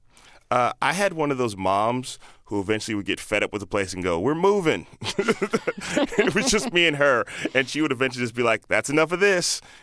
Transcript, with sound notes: I had one of those moms who eventually would get fed up with a place and go: We're moving.
(LAUGHTER)
It was just me and her, and she would eventually just be like that's enough of this.